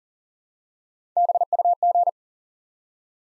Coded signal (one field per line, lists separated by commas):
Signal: Morse code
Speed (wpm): 41 wpm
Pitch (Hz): 700 Hz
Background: none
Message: BUG